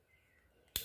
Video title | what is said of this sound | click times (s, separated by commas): How to build a camper van and how to live in one once you do | pull both ends till it clicks let it back together | 0.8 s